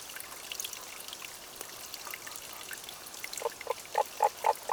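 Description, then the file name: Tago's brown frog: running water at first, then Tago's brown frog starts a short series of evenly spaced croaking notes, about four per second, in the final seconds. Recorded 30 May 2009 at 23:50. "tagogaeru-20090530-2350"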